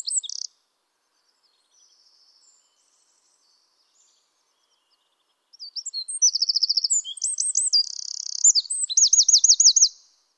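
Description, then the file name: Eurasian wren singing: a brief end of a phrase and a few faint notes, then a full five-second burst of very high, rapid trills and looped notes. "Troglodytes troglodytes"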